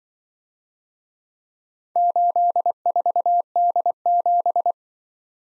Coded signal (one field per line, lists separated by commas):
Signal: Morse code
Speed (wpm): 24 wpm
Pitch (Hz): 700 Hz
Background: none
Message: 84D7